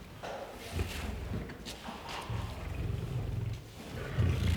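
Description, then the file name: Lion growling, low rumbling pulses that rise and fall, quiet at first and swelling louder toward the end. Lion growling and roaring. "Het grommen en brullen van een leeuw - Sound Cloud - Beeld en Geluid"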